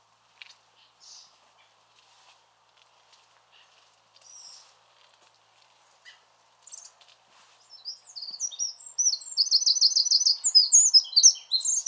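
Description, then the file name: Eurasian wren song: faint scattered ticks at first, then a loud, very high, rapid run of trills and sharp notes bursting in over the last few seconds. "Troglodytes troglodytes"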